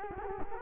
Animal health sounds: mosquito wingbeat signal from an infrared sensor; Culex quinquefasciatus

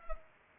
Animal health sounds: mosquito wingbeat signal from an infrared sensor; Culex pipiens

